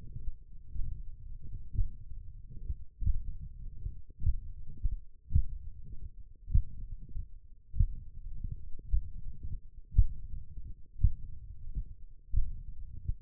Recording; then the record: forearm muscle sounds (acoustic myography)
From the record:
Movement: tripod grip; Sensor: system 1, eight BSWA MPA416 microphones around the upper forearm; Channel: 2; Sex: male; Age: 21 years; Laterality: right